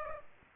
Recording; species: mosquito wingbeat signal from an infrared sensor; Aedes aegypti